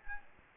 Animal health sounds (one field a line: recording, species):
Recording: mosquito wingbeat signal from an infrared sensor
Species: Aedes albopictus